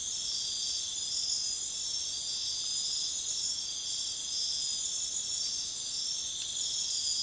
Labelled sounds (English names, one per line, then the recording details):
none
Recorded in dense forest near Puerto Asís, Putumayo, Colombia, on 20 February 2024 at 03:30
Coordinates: 0.505, -76.324
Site G6467